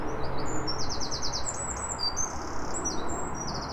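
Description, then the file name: Eurasian wren singing: rapid high trills and sharp notes pouring out without pause, strung into a rattling, energetic stream over steady background noise. "Troglodytes troglodytes"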